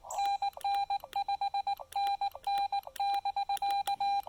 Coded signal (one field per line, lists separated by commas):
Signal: Morse code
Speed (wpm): 21 wpm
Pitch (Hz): 800 Hz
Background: none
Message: NN5NN<BK>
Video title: Enjoying a Casual Trailside QRP Park Activation with the Xiegu X5105 and PackTenna 9:1 UNUN